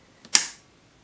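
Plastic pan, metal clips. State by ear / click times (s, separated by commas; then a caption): seated / 0.4 s. A plastic watercolor half pan is angled into a metal palette tin between bent-down metal tabs and pushed down. After a faint tick at 0.2 s, it gives a sharp, bright snap at 0.3 s that rings briefly and fades. The pan is seated all the way in the tin clips, confirmed by that snap, since without it the pan is not fully in.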